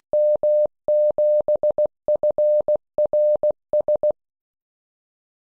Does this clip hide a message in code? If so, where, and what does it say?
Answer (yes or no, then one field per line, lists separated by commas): yes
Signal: Morse code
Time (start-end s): 0.1-4.1 s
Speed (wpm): 18 wpm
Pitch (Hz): 600 Hz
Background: none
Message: M7FRS